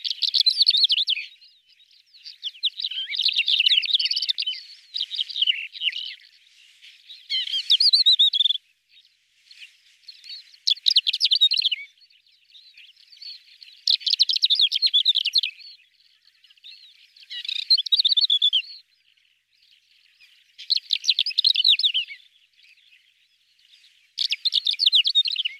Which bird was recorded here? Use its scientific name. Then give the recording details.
Calandrella brachydactyla. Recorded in the wild. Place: Taukumwüste, KZ. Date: 2000-05-18. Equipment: MiniDisc Sharp MT 20 H. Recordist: Schwarz, Dieter. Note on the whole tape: Song